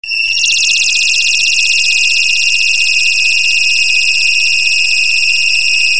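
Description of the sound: Simulated tinnitus: a steady, loud, high-pitched electronic ringing with stacked tones from about 2.7 kHz up to 16 kHz and a fast buzzing flutter. It rises in within the first half second and then holds constant, with almost no low-frequency content.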